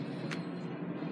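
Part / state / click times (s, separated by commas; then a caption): plastic paint dropper into its holder slot on a toy craft station / seated / 0.3 s. A small plastic paint dropper is pressed into its holder slot beside the markers on a toy pom-pom decorating station. It snaps into place with a single short, bright click at 0.3 s over a steady low background hum. The dropper is seated in its slot.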